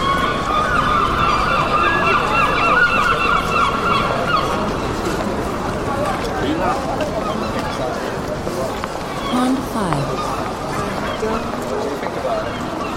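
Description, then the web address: Gulls calling: a dense, continuous chorus of harsh overlapping calls over steady low rumbling background noise. In a city. "city seagulls"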